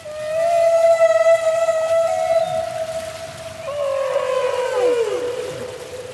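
Humpback whale: a long, sustained moaning tone held steady for several seconds, followed by overlapping downward-sweeping cries.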